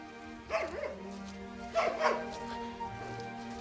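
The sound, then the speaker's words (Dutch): A farm dog left behind on the farmyard, not allowed to come along, lets out two loud, whiny barks with rising and falling pitch, then a softer whimper, over a steady low hum. “De hond vindt het jammer dat hij niet mee mag, maar die hoort wel op de erf te blijven.”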